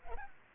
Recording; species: mosquito wingbeat signal from an infrared sensor; Culex pipiens